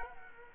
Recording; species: mosquito wingbeat signal from an infrared sensor; Culex quinquefasciatus